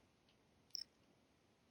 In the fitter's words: And you'll probably hear a little bit of a click. You probably didn't hear that, but it'll go together. Like so.